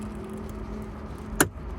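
A latch retainer on a Ford Excursion's rear trim latch is closed back in to lock the seated latch down on its mount. A single sharp click comes at 1.4 s over a low steady hum, and the retainer is confirmed locked in place.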